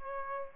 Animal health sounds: mosquito wingbeat signal from an infrared sensor; Aedes albopictus

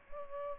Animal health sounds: mosquito wingbeat signal from an infrared sensor; Culex pipiens

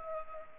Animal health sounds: mosquito wingbeat signal from an infrared sensor; Anopheles gambiae

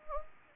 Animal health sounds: mosquito wingbeat signal from an infrared sensor; Anopheles gambiae

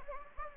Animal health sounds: mosquito wingbeat signal from an infrared sensor; Anopheles gambiae

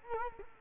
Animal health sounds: mosquito wingbeat signal from an infrared sensor; Culex quinquefasciatus

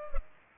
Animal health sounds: mosquito wingbeat signal from an infrared sensor; Culex pipiens

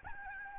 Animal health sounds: mosquito wingbeat signal from an infrared sensor; Aedes albopictus

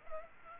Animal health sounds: mosquito wingbeat signal from an infrared sensor; Aedes aegypti

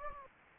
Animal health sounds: mosquito wingbeat signal from an infrared sensor; Anopheles gambiae

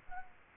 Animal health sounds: mosquito wingbeat signal from an infrared sensor; Culex quinquefasciatus

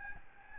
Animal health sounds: mosquito wingbeat signal from an infrared sensor; Aedes albopictus

